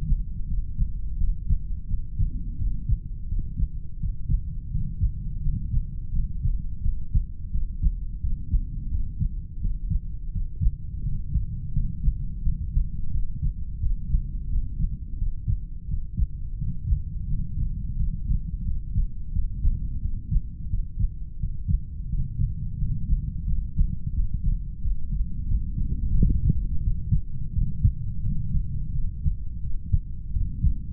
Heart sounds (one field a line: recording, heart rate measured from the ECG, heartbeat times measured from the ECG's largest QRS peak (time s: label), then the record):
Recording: heart sounds by stethoscope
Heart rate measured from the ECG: 86 bpm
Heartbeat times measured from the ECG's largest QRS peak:
0.46 s: heartbeat
1.16 s: heartbeat
1.86 s: heartbeat
2.57 s: heartbeat
3.27 s: heartbeat
3.98 s: heartbeat
4.70 s: heartbeat
5.41 s: heartbeat
6.11 s: heartbeat
6.81 s: heartbeat
7.50 s: heartbeat
8.19 s: heartbeat
8.89 s: heartbeat
9.60 s: heartbeat
10.31 s: heartbeat
11.02 s: heartbeat
11.72 s: heartbeat
12.41 s: heartbeat
13.10 s: heartbeat
13.79 s: heartbeat
14.48 s: heartbeat
15.17 s: heartbeat
15.87 s: heartbeat
16.57 s: heartbeat
17.26 s: heartbeat
17.95 s: heartbeat
18.63 s: heartbeat
19.31 s: heartbeat
20.00 s: heartbeat
20.68 s: heartbeat
21.38 s: heartbeat
22.08 s: heartbeat
22.77 s: heartbeat
23.45 s: heartbeat
24.12 s: heartbeat
24.86 s: heartbeat
25.46 s: heartbeat
26.15 s: heartbeat
26.81 s: heartbeat
27.52 s: heartbeat
28.21 s: heartbeat
28.91 s: heartbeat
29.61 s: heartbeat
30.31 s: heartbeat
From the record:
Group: heart failure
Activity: rest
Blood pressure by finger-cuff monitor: 81/48 mmHg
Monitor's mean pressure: 56 mmHg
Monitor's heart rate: 86 bpm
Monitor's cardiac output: 7.3 L/min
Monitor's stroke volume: 85 mL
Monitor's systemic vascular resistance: 540 dyn s/cm5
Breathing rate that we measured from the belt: 11 breaths a minute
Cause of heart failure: idiopathic cardiomyopathy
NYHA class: 2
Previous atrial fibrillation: present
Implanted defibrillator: present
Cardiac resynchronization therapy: present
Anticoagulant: warfarin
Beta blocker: metoprolol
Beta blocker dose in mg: 50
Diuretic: furosemide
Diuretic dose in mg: 40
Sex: male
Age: 62 years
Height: 184 cm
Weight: 101 kg